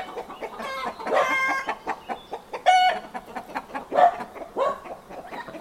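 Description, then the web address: Chickens clucking and squawking in short, irregular bursts, a few louder harmonic cackles rising above a busy farmyard chorus. Farmyard with chickens, traffic-free background. "Hollywood Edge Historical Series Traffic Free BG's Farmyard With Chickens Ducks"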